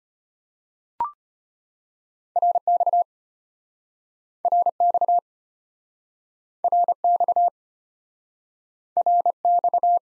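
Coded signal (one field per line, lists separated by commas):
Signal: Morse code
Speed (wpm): 34 wpm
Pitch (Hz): 700 Hz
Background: none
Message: RX RX RX RX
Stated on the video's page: Morse abbreviations practice at 25 WPM, starting fast and slowing incrementally to base speed; fastest is 1.5 times slowest; final repeat at maximum speed.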